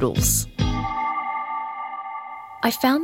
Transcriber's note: glittering flourish